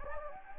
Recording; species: mosquito wingbeat signal from an infrared sensor; Anopheles gambiae